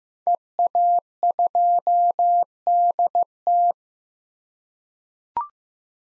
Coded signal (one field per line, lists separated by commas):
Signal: Morse code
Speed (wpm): 15 wpm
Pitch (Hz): 700 Hz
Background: none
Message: EA2DT